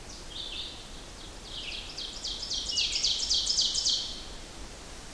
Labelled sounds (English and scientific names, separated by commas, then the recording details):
Ovenbird (Seiurus aurocapilla) song
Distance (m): 25 m
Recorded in boreal forest in Alberta, Canada, on 14 June 2016 at 07:14
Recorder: SongMeter 3, array SBT-3-33
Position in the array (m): 100 m, 139 m
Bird 21